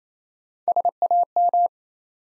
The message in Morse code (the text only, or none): SAM